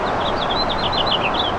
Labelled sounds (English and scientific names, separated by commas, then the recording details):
House Finch (Haemorhous mexicanus) song
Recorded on Long Island, New York, on 2 June 2011
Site FL
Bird A